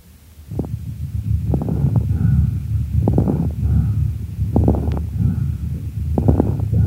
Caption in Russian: Крепитация возникает в альвеолах, стенки которых, в силу определенных причин, оказываются смоченными вязким секретом. На высоте вдоха, когда происходит расправление пораженных альвеол, возникает особый звук, напоминающий нежный треск. Крепитация, в отличие от хрипов, не изменяется после покашливания. На фоне бронхиального дыхания, вы услышите крепитацию.